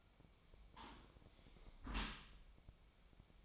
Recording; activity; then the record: daily activity, microphone in the room; close dishwasher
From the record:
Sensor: 1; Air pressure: 1003.2 hPa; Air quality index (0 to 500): 197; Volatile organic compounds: 6 ppm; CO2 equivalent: 1882 ppm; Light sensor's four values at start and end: 29/71/30/37 and 29/71/30/37